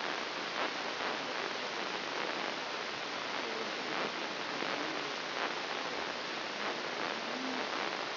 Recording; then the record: brain microelectrode recording played as sound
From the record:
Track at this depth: inside the subthalamic nucleus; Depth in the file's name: 6.105 mm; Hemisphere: left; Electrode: 3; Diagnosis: Parkinson's disease